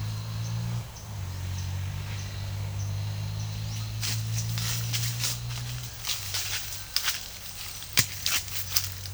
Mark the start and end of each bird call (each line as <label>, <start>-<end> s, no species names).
bird call, 0.00-3.83 s